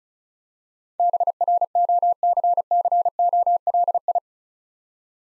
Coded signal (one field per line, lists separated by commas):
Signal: Morse code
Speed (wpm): 36 wpm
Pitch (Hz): 700 Hz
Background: none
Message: BROCCOLI